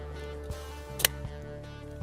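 With music playing in the background, the black plastic latch on the mirror harness connector of a GM Style 2 tow mirror for a 2023-2026 Chevrolet Colorado and GMC Canyon is lifted straight up, out of the vehicle, after its red locking tab has been pushed out. It gives a short, sharp click at 1.1 seconds as it snaps into its unlocked release position, ready for the connector to be removed.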